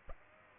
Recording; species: mosquito wingbeat signal from an infrared sensor; Aedes aegypti